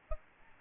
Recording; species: mosquito wingbeat signal from an infrared sensor; Aedes albopictus